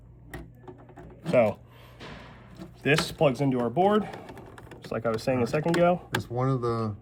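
A plastic wiring harness connector is pushed back into its plug on the control board/motor of an ACiQ AHD air handler, reconnected a second time to repeat its locking click while the voltage is being changed. A few quick clicks sound near the start; the sharpest, at 0.3 s, is the connector locking in, and it is seated. Someone then talks over a low steady hum.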